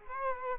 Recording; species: mosquito wingbeat signal from an infrared sensor; Culex quinquefasciatus